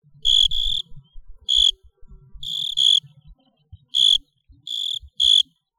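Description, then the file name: Cricket chirping, short high ringing bursts in irregular pairs and singles, with soft low clicks and thumps between them. "grillos"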